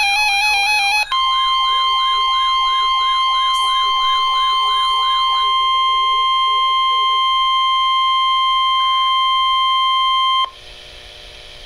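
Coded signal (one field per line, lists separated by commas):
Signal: Emergency Alert System (SAME) tones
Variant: 1050 Hz attention tone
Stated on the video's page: Tornado warning and special marine warning alerts.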